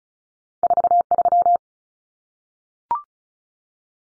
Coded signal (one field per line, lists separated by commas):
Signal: Morse code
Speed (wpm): 34 wpm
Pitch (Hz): 700 Hz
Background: none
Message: 43